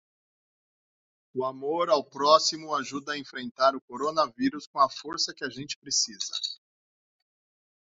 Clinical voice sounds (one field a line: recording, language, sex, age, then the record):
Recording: spoken sentence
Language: Brazilian Portuguese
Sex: male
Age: 40 to 49 years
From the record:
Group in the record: control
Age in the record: 45 years